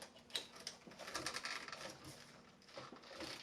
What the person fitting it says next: It's on there, but it's not snapping.